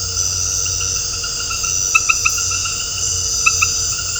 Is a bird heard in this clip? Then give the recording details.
no. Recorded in dense forest near Puerto Asís, Putumayo, Colombia, on 4 March 2025 at 20:00. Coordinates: 0.468, -76.322. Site GP01